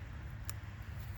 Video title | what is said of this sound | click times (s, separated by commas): Ford Focus 2.0 Spark Plug and Ignition Coil Change Replacement 2012 - 2019 and Others Similar | It'll go in perfectly. You should be able to hear it click. | 0.5 s